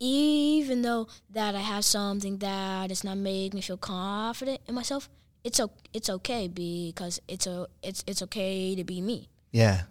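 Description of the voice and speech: A 10-year-old boy from Silver Spring, Maryland speaks with a stutter: he repeats whole words and part-words, restarting "it's o- it's okay" and "it's it's okay", and stretches some sounds, typical of developmental stuttering.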